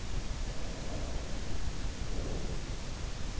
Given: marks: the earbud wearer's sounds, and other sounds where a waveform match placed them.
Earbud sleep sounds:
sounds in sleep by an in-ear microphone; breath
0.62-3.02 s: breath

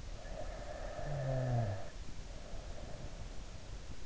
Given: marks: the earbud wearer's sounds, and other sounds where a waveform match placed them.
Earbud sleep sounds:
sounds in sleep by an in-ear microphone; snoring breath
0.11-3.20 s: snoring breath

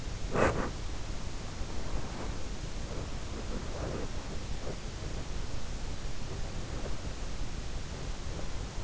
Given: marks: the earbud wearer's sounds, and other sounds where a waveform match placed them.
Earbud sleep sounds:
sounds in sleep by an in-ear microphone; body movement, breath
0.00-0.96 s: body movement
1.51-2.55 s: breath
2.64-8.65 s: body movement
6.25-7.57 s: breath

